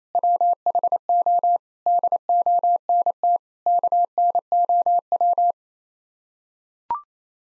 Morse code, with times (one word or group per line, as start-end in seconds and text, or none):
0.1-1.6 WHO
1.9-3.4 DONT
3.7-5.5 KNOW